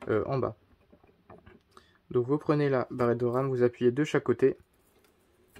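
A second RAM stick is handled and pressed down on each side toward the fourth DIMM slot of a motherboard while someone talks, with a few faint ticks between phrases. Nothing has seated or clicked yet.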